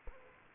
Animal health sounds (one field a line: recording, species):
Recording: mosquito wingbeat signal from an infrared sensor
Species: Culex quinquefasciatus